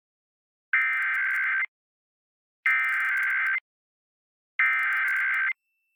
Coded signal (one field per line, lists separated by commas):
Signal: Emergency Alert System (SAME) tones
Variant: header bursts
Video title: EAS #50-51: Ohio December 2022 RMT on WTOV & West Virginia Child Abduction Emergency